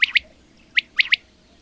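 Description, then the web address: Bird chirps: quick, bright, high notes, one pair followed by a short run of three. "madarak enek"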